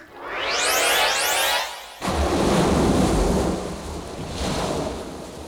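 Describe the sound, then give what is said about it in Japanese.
Ocean waves wash steadily around a boat drifting on the wide open sea, a broad hissing surf with a rising whoosh at the start, then a sudden heavier rush of water that keeps churning, with no voices. “あの海岸温泉からもう1ヶ月以上も僕たちはこの広い海に漂っているのだ。”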